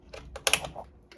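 A memory module is pressed into a motherboard DIMM slot with equal pressure on both ends until its two retention clips snap shut. Two sharp clicks sound at 0.5 s and again at 0.5 s, among a few fainter taps. The module is seated and installed, which fixed the problem.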